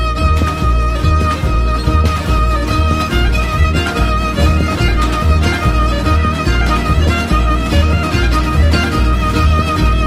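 Deep, steady thumps at about 72 a minute run beneath sustained instrumental music and set its beat. This is a real adult heartbeat, slowed to match the music, with a regular rhythm.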